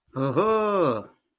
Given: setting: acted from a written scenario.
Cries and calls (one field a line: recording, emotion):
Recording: vocal sound without words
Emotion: triumph